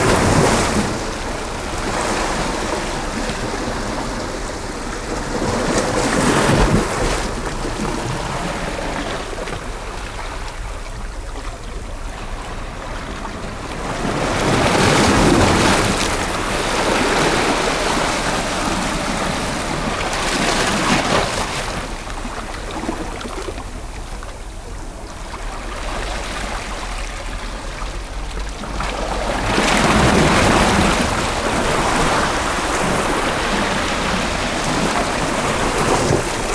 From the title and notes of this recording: Ocean. Waves and underwater sounds, Croatia. Teos perustuu Petri Kuljuntaustan äänityksiin Splitin rannikolta.